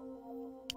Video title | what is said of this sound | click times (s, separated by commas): Can Gordon Fix A Broken PC Remotely?! | have headphones on, but I think I heard a click. | 0.7 s